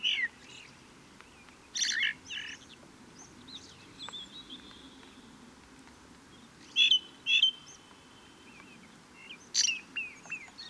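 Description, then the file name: Ring ouzel giving scattered bursts of sharp high notes separated by quiet gaps, with faint thin twitters between them. Recorded on the Wank near Garmisch, 26 April 2014. "Ringdrossel. Wank. Michle Pron"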